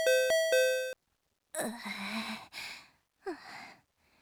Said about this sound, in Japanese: 絶対ピンポン押しながらニヤニヤしてるんだろうな。